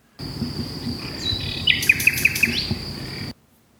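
Common Nightingale song, a brief phrase of whistled notes then several quick sharp repeated chips, over steady background hiss and a high constant tone.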